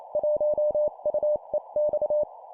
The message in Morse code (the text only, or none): 1UEX